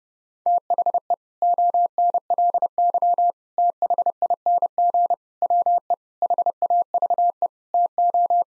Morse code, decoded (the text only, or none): THE ONLY THING WE HAVE TO